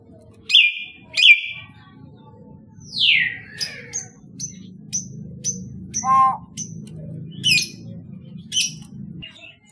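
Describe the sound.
Common hill myna uttering short sharp whistles, a falling swept note and a harsh mid-pitched note over a low steady hum, with clipped clicks repeated through the second half.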